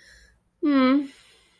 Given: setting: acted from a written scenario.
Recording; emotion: vocal sound without words; guilt